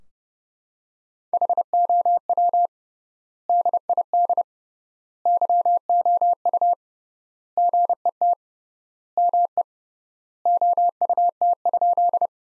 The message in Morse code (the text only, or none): HOW DID YOU GET ME OUT?